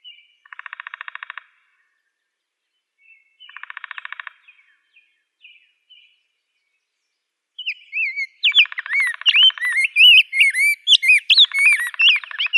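Rose-breasted grosbeak song: buzzy, rapid pulsed trains at first, then a rich run of warbled, whistled notes mixed with more buzzy bursts in the final seconds.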